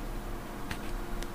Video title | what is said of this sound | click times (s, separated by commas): Usb gizli kamera www.gizli-kamera.org | comes right out you'll feel it click that's when it comes out | 0.7 s, 1.2 s